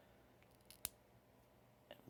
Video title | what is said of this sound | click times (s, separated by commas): How to set up a Tandem T-Slim pump and Dexcom G6 CGM | push down until you hear that click | 0.9 s